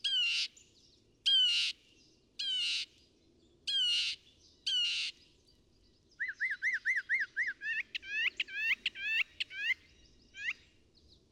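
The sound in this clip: Northern mockingbird song: harsh squawking notes repeated, then rapid runs of rising chirps and whistled phrases, each motif repeated several times before changing.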